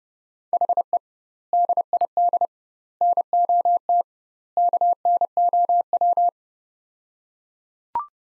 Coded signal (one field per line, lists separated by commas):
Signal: Morse code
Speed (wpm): 30 wpm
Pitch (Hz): 700 Hz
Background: none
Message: HE DID NOT KNOW